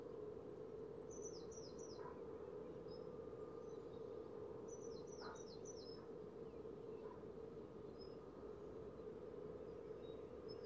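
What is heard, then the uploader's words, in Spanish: Open vineyard fields with a steady low rumble of wind or traffic filling the background. A bird sings two short runs of high, falling notes, near the start and again around five seconds, with a few faint chirps scattered between. Campos de viñas.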